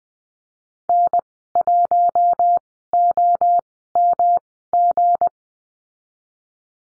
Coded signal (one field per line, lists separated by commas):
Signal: Morse code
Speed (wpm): 19 wpm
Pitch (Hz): 700 Hz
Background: none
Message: N1OMG